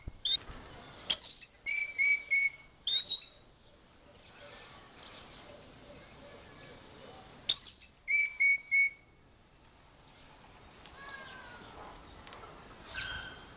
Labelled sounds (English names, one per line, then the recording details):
Common Green Magpie call
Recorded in captivity
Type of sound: call sequence
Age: adult
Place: Zoo Berlin, Berlin, DE
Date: 1986-05-23 10:20
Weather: sunny, 15°C
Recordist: Tembrock, Günter
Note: Rufreihen